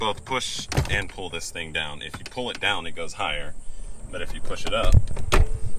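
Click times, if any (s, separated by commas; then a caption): 5.3 s. Someone talks while pushing up the steering column tilt adjuster on a Z31 300ZX, which makes the column drop lower in its bracket. A short mechanical click at 5.3 s marks the column locking into place.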